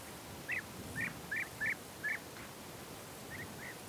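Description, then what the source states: Bird calls: a run of five sharp chirps, a pause, then a few softer chirps near the end, over low hiss. Birds in a field, given as background ambience.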